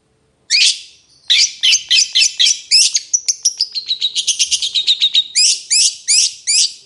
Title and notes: Cendet Gacor Dor Di Kala Pagi Toet Toet Variasi Suara Jernih Mudah Di Tiru. Burung cendet